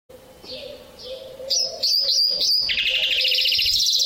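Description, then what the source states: Bimaculated lark song starting soft, then loud sharp whistles and a fast buzzy trill, over a faint steady low hum. Russia.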